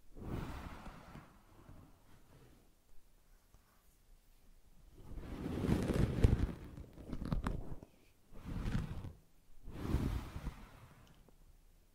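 Brushing and scratching come in uneven bursts: one near the start, a longer, louder stretch around five to eight seconds, then two shorter strokes near nine and eleven seconds. Each stroke is a dry, rustling scrape, heaviest in the low end, with quiet gaps between.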